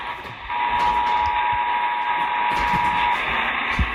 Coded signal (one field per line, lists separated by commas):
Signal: Emergency Alert System (SAME) tones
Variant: 853 and 960 Hz attention tone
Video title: TORS AND FLUDDZ BELOW... EAS Alerts from 3/28-29/20 (EAS 2337-2350)